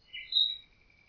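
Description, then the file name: Common nightingale song, a single short whistled phrase with overlapping tones. "Nachtigall"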